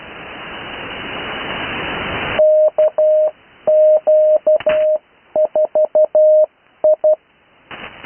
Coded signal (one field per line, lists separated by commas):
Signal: Morse code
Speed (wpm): 12 wpm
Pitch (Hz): 620 Hz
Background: radio noise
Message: KQ4I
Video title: Morse code practice recorded live on 80m 05-08-2026